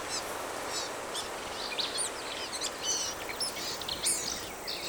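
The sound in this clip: Black-capped vireo song, quick varied chattering phrases of short slurred and buzzy notes over a steady hiss.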